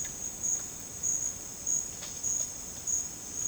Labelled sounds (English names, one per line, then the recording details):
none
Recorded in dense forest near Puerto Asís, Putumayo, Colombia, on 8 March 2025 at 11:30
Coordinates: 0.486, -76.317
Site G053